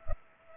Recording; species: mosquito wingbeat signal from an infrared sensor; Culex pipiens